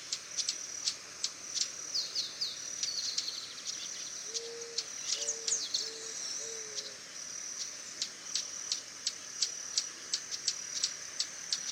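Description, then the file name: Swallow-tailed hummingbird sounds: rapid high chips with short bursts of squeaky notes, over a constant high hiss; several soft low hoots midway. "Canto do beija flor tesoura"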